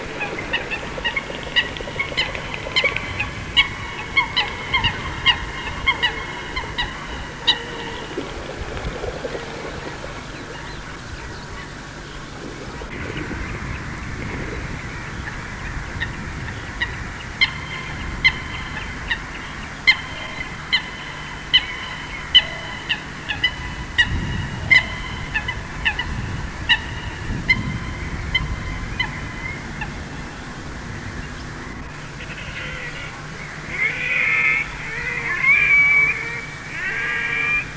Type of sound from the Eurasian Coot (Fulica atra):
call